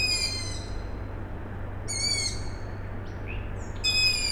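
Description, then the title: Three hoarse, rasping owl chick calls about two seconds apart, with brief nightingale whistles between them and a low continuous hum beneath. Owl chicks calling at night, Tuesday 21 May 2019, Siemianowice Śląskie, Poland; nightingale also singing; industrial plant in background; recorded with Zoom H5 and Audio-Technica BP4025. "Siemianowice Śląskie, Polska - Owl chicks"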